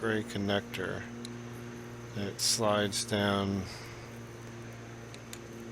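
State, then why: Seated. Someone talks while sliding the small gray locking tab down on the electrical connector plug of the intake cam solenoid on a 2012 Buick Regal GS, over a steady low hum. Two short, sharp clicks at 5.1 s and 5.3 s mark the tab snapping into place, seating and locking the plug.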